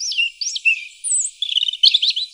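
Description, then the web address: Bird song of high, chirpy notes, sharp downslurred whistles and short twittering bursts, broken by brief pauses. Recorded at Oxford Island, Lough Neagh. "Oxford Island Lough Neagh Bird Song Bits"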